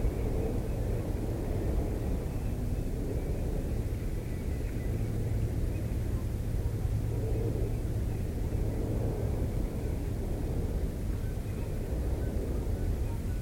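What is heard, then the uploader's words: A steady, dense low rumble on Wallasea Island, Essex, like an engine or vehicle running, holding the same level throughout. A faint low hum sits underneath, with soft swells in the lower middle every few seconds and little above it. Wallasea Island, Essex. We decided to go and watch the sunrise over Foulness Island. Made the half an hour trek along the sea wall to School House Viewpoint, the most easterly point of the island.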